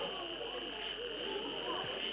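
A dense chorus of frogs croaking continuously at a party, with a steady high trill underneath and quick bursts of higher chirps repeating in groups of three. No one speaks.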